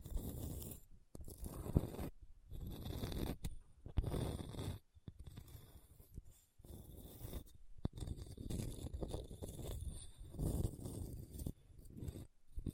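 A hard, bumpy surface is scratched in short, gritty strokes, each lasting about half a second to a second and separated by brief silences. The strokes come in an uneven, fairly quick rhythm, rough and crackly with a low scraping body.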